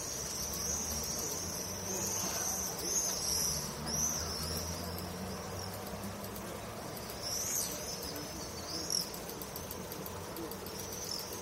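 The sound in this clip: Swift calls: high thin screams in overlapping bursts, with low rumbling background noise.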